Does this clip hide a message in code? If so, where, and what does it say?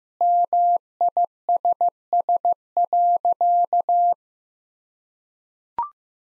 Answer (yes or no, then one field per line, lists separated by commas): yes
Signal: Morse code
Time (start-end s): 0.2-4.1 s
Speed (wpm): 15 wpm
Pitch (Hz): 700 Hz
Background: none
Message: MISS.